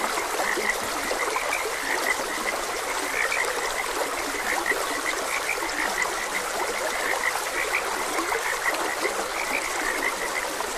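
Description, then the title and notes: Chorus of frogs giving rapid, overlapping high-pitched croaks without pause, set against continuous trickling and rushing stream water. Frogs croaking beside a gentle stream. "Frogs Croaking. Sleep and Relaxation Podcast"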